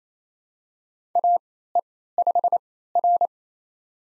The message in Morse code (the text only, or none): AE5R